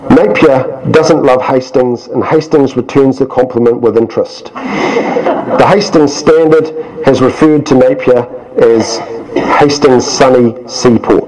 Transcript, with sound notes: ‘Napier doesn’t love Hastings, and Hastings returns the compliment with interest.’ [Chuckles] The Hastings Standard has referred to Napier as ‘Hastings’ sunny sea port’.